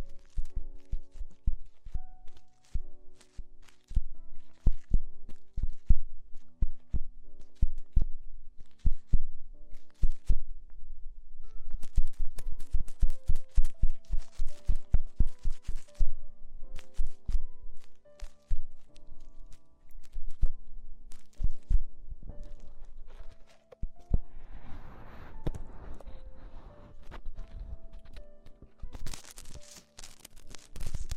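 Ear exploration sounds made of quick, dense tapping and clicking that comes in irregular bursts throughout, with low thumps beneath. Short pitched tones sit under the taps, and around 25 seconds a softer rustling swell appears before crisp bright crackles near the end.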